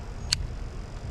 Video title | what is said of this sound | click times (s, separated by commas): Turning My Stock Audi B9 S4 Into a Monster (Part 1) – FIRST Mods: 034 Catch Can + New PCV Breather 😈 | and that clicked in. | 0.3 s